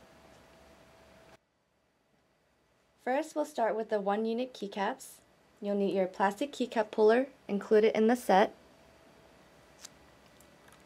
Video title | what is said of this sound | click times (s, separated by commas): Corsair Vengeance K70 Black Translucent Key Cap Modification Replacement and Installation Guide | want to lock it in place until you hear the clicks on both sides and you want to gently pull | 9.9 s, 10.4 s